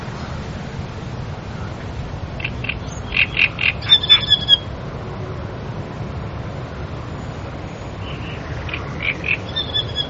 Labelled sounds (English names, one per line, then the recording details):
Great Reed Warbler song
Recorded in the wild
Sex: male
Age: adult
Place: Karower Teiche, Naturpark Barnim, Berlin, DE
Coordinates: 52.6222, 13.46
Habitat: sedge
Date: 1993-05-12
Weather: sunny, 25°C
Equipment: Aiwa HD-S1, Sennheiser MKH 70
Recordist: Frommolt, Karl-Heinz